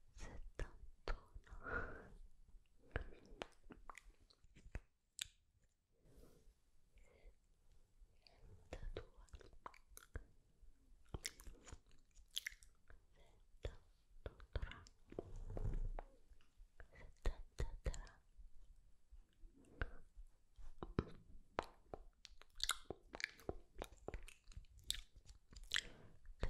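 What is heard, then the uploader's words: Lip gloss is layered on with sticky, wet clicks and lip smacks coming in irregular bursts, mixed with soft whispery breaths throughout. 100 LAYERS OF LIPGLOSS ASMR.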